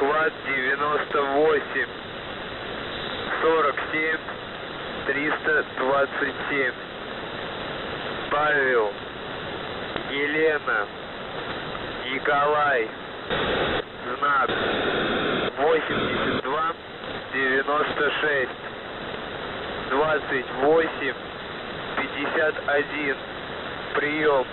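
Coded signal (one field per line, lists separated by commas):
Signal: coded military voice message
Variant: Russian, callsign Охват-98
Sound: russian voice reads a callsign, number groups and phonetic-alphabet names over hissy radio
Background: radio static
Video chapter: 01:30 - Воздух Охват-98 47327 ПЕНЬ 8296 2851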